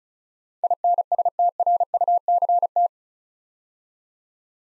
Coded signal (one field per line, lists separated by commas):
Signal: Morse code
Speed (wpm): 36 wpm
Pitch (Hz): 700 Hz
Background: none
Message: INSTRUCT